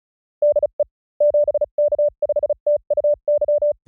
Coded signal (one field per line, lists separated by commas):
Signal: Morse code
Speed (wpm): 36 wpm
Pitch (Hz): 590 Hz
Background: none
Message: DE 7K5TUY